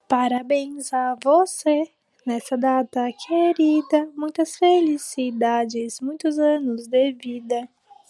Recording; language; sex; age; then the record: short text; Brazilian Portuguese; female; 20 to 29 years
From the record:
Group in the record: control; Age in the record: 25 years